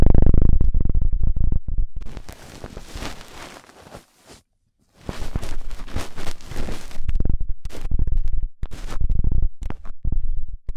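Intense ear-cleaning scratches and rubbing come in dense crackly bursts after a deep thump, pausing briefly near the middle before resuming choppily.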